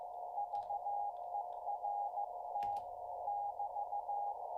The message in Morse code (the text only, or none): VERT <BT>